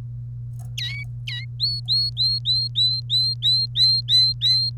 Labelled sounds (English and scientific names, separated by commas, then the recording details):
Domestic Canary (Serinus canaria) song
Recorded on 1 May 2018 at 11:45
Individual llb3